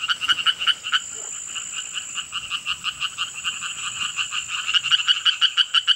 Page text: звуки амфибий - Квакша Шелковникова (Hyla orientalis)